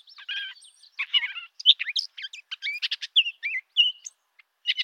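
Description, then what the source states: Brown thrasher song: choppy, varied phrases of harsh chatters, clicks and bright whistles, with brief pauses between bursts. Four short song strings of repeated motifs, short whistles, glides, mimicry and buzzes; long song.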